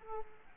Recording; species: mosquito wingbeat signal from an infrared sensor; Aedes aegypti